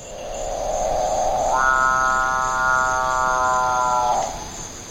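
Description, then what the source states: Capuchinbird call: a grating, growling onset that swells into a long, steady, mooing drone lasting over two seconds before fading. Described as startling; a tropical bird nominated by listeners for coolest bird sound.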